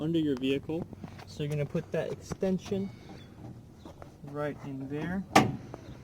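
Someone talks while guiding a jack-handle extension rod through the small access hole at the back of a vehicle toward the spare-tire winch socket, with brief handling knocks heard between the words. The extension has not yet locked into the winch; nothing has seated or clicked yet.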